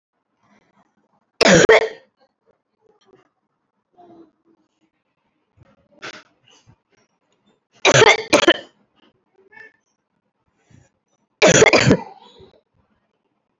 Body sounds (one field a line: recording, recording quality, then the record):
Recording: heavy voluntary cough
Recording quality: excellent, no background noise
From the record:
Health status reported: recovered from COVID-19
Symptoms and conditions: cough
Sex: female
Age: 27 years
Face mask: not worn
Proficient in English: yes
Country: India